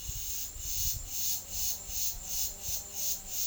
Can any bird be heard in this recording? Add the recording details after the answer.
no. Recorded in pastures near Puerto Asís, Putumayo, Colombia, on 28 February 2025 at 15:30. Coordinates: 0.505, -76.324. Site GP08